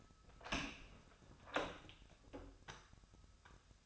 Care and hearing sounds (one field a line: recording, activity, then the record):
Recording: daily activity, microphone in the room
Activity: open door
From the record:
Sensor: 2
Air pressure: 1007.0 hPa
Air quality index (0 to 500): 197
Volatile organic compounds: 13 ppm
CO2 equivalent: 2411 ppm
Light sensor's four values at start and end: 9/22/9/9 and 9/23/9/10